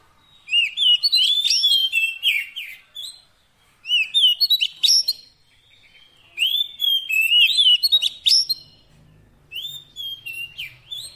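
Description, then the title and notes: Oriental magpie-robin song in four bursts of loud, varied whistles and slurred notes. Quiet gaps fall between the bursts, with a faint low rumble late on. Long-duration fill-in (isian) song, meant to get a magpie-robin singing actively day and night. "Kacer Jadi Gacor Siang Malam. Isian Kacer Durasi Panjang"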